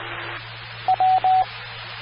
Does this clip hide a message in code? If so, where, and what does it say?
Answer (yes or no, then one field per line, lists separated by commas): no